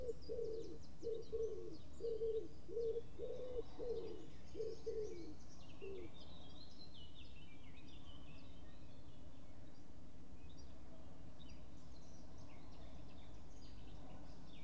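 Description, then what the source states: Birds call: repeated low cooing notes for the first six seconds, with high twittering chirps throughout, over steady low background noise. Outdoor light ambience.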